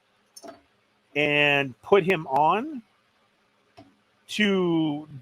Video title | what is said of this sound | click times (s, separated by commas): Super 7 Transformers Ultimates Bombshell review | look it if it goes it's not hitting everything but you can pop off his head | 0.4 s